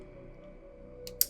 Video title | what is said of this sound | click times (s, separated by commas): Nemesis Transforms DX9-Mini 04 Superman | So it goes in right there. And then you bring up the toe into there. And it'll click into place like | 1.2 s